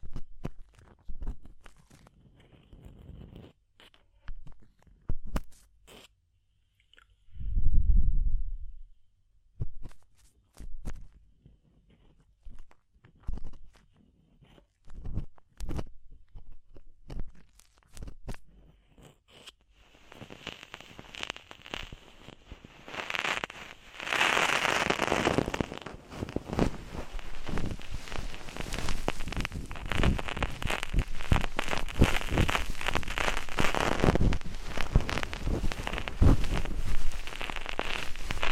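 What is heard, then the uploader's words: Ear cleaning sounds: for the first twenty seconds, sparse crisp clicks and taps come in short bursts with quiet gaps, plus one deep muffled thump near eight seconds. After that the sound turns into dense, continuous crackling and scratching that stays loud and bright to the end. ASMR DEEP Ear Penetrating Cleaning (No Talking).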